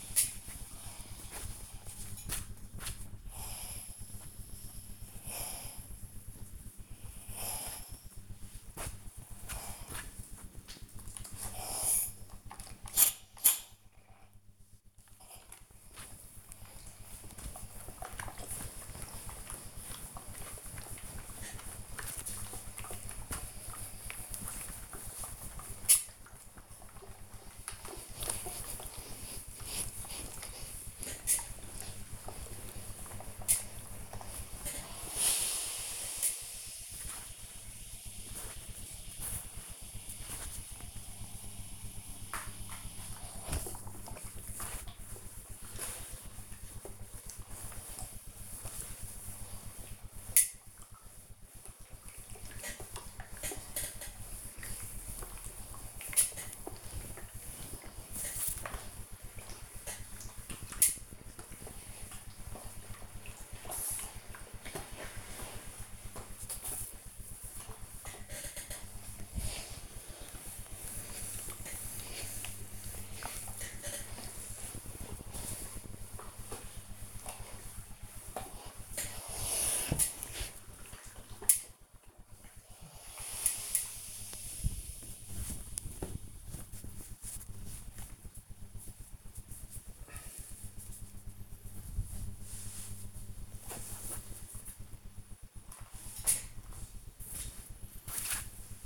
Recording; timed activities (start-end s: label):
household activities, microphone on the right wrist
5.29-98.86 s: ironing laundry